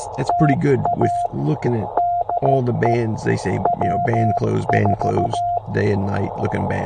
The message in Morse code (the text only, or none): TA DE W4